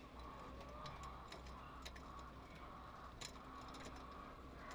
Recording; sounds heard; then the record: poultry house recording; healthy chickens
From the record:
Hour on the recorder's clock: 0